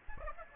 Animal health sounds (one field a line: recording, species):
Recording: mosquito wingbeat signal from an infrared sensor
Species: Aedes aegypti